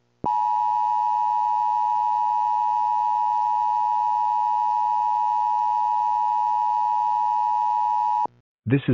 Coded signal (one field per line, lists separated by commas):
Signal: Emergency Alert System (SAME) tones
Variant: 853 and 960 Hz attention tone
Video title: EAS Mock #2: Animal Get Wild (Animal Release Warning)